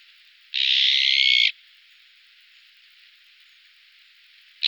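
Azure-winged magpie call: one grating, buzzy rasp lasting about a second, then quiet hiss, and a second rasp starting at the very end.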